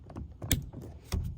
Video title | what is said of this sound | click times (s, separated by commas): 10-13 Acura ZDX Front Passenger Door Panel Removal and Installation DIY Tutorial Step repair fix | all right clicked in place | 0.5 s